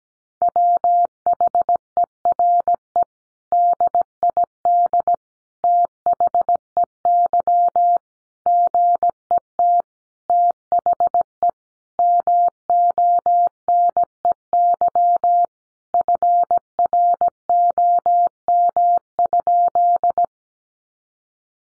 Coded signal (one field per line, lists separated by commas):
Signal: Morse code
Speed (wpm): 17 wpm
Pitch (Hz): 700 Hz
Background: none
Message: WHERE DID THEY GET THE MONEY FROM?